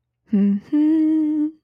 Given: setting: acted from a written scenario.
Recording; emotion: vocal sound without words; triumph